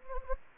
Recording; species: mosquito wingbeat signal from an infrared sensor; Anopheles gambiae